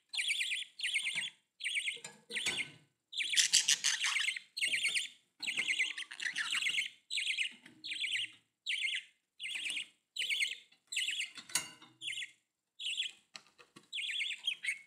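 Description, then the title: Budgerigar chatter, rapid buzzy chirps in near-continuous bursts with brief gaps, several harsh scratchy notes mixed in. "Budgie Sounds"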